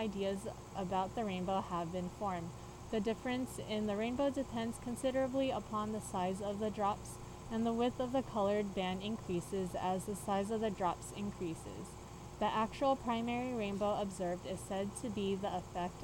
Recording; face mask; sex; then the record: reading aloud; surgical mask; female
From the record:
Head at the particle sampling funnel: tilted up or above it, chin in front of it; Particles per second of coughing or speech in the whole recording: 0.0109